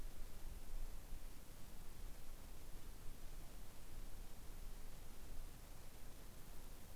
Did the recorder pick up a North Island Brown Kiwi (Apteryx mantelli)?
no